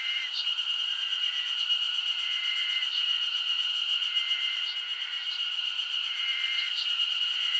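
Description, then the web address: Insect chorus with a constant piercing high whine, over which several drawn-out level tones sound, plus scattered faint ticking pulses. Japanese summer insect ambience. "Sound Effects-Foundation 1 AMBIENCE JAPANESE SUMMER INSECTS 01"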